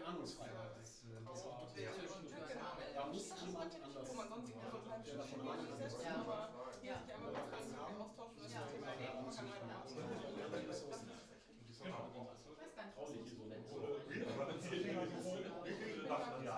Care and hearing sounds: everyday scene through a hearing-aid microphone; many people talking; many voices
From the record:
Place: bistro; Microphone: in the ear canal, right

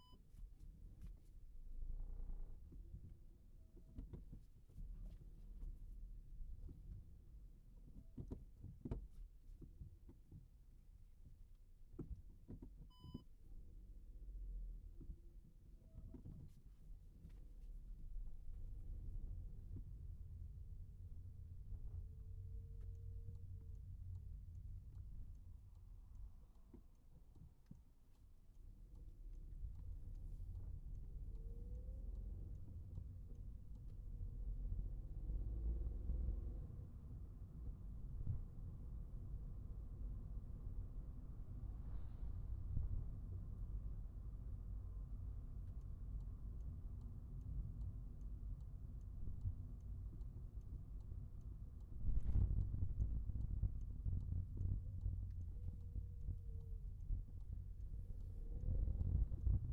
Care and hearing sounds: everyday scene through a hearing-aid microphone; in a vehicle; engine, rumble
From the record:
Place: Skoda Fabia, gasoline engine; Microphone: behind the ear, right, rear

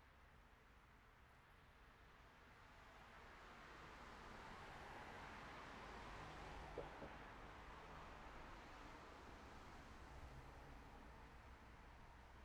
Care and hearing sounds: everyday scene through a hearing-aid microphone; in traffic; traffic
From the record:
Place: city secondary road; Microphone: behind the ear, right, front

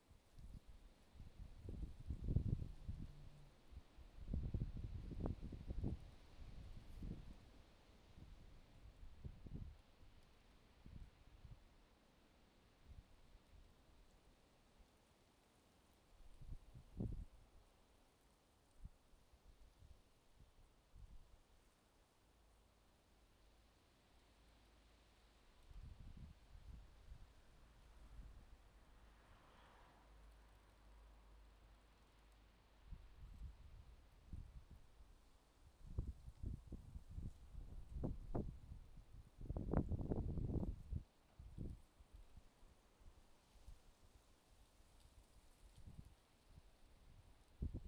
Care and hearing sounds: everyday scene through a hearing-aid microphone; wind on the microphone; wind, traffic, birds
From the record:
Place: suburban garden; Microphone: in the ear canal, left

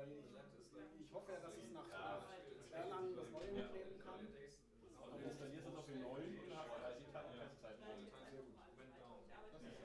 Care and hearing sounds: everyday scene through a hearing-aid microphone; many people talking; many voices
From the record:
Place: bistro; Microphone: behind the ear, right, front

